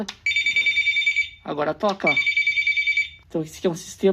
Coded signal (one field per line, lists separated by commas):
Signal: none